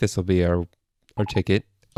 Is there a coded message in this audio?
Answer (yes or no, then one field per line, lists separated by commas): no